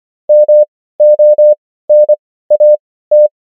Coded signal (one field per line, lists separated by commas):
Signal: Morse code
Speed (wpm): 25 wpm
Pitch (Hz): 600 Hz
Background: none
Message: MONAT